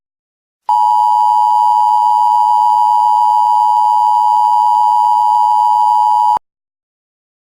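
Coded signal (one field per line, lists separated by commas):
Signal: Emergency Alert System (SAME) tones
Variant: 853 and 960 Hz attention tone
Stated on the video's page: Fictional EAS scenario.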